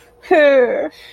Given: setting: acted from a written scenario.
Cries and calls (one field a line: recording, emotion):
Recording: vocal sound without words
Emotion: sadness